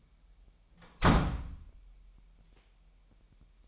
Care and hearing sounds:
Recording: daily activity, microphone in the room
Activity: close door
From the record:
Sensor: 1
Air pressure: 998.5 hPa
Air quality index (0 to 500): 131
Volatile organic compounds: 4 ppm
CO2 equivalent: 1566 ppm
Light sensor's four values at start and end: 19/61/25/25 and 19/62/25/25

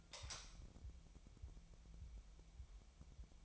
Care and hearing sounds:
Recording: daily activity, microphone in the room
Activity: light on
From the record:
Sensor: 1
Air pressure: 1001.9 hPa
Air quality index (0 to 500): 246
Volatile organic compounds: 50 ppm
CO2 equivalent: 3295 ppm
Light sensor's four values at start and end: 5/11/4/5 and 14/45/18/18

